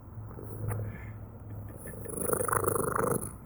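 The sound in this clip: Cat purring, a steady low rumbling throb pulsing rapidly, growing louder in the second half with a faint hiss above.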